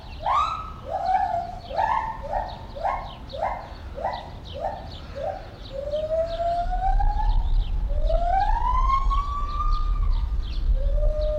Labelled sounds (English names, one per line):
Lar Gibbon